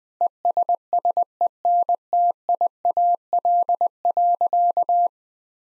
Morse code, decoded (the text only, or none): ESSENTIAL.